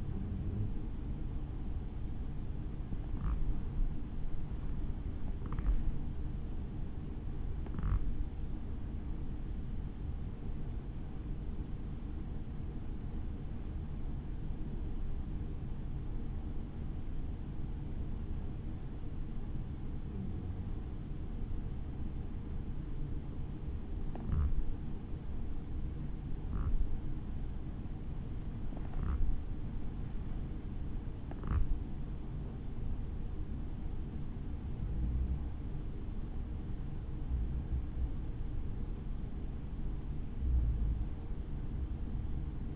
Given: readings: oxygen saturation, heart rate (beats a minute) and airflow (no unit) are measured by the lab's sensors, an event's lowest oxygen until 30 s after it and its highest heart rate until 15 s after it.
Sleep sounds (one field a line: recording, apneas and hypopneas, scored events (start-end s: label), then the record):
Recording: breathing in sleep by a smartphone at the bedside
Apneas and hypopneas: 1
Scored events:
16.00-26.50 s: hypopnea (N1, oxygen 95% highest, then 94% lowest, heart rate 57 at the start, 70 highest)
From the record:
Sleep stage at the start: N1 (lightest sleep)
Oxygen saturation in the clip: 94 to 95%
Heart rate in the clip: 54 to 70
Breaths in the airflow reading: 13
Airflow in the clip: -5.4 to 6.4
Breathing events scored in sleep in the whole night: 216 in 7.0 hours asleep